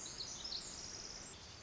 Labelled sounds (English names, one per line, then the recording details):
Pacific Wren
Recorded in Sonoma County, California